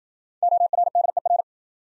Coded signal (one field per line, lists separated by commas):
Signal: Morse code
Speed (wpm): 53 wpm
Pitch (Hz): 700 Hz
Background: none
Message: ORDER